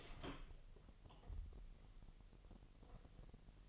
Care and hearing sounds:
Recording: daily activity, microphone in the room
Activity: open door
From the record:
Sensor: 4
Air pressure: 1002.0 hPa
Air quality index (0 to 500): 248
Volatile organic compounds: 41 ppm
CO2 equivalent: 3171 ppm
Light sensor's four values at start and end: 9/21/8/7 and 9/20/8/7

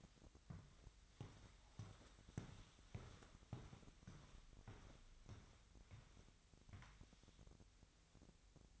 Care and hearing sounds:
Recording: daily activity, microphone in the room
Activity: walk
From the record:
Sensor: 3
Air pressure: 1001.5 hPa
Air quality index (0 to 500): 225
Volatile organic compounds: 31 ppm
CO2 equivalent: 2986 ppm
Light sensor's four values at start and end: 12/36/16/13 and 12/36/16/13

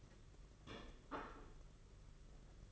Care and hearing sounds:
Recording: daily activity, microphone in the room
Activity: place plate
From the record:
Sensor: 4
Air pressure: 992.6 hPa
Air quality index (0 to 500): 135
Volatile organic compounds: 56 ppm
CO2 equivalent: 3376 ppm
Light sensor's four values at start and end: 19/65/24/25 and 19/65/24/25

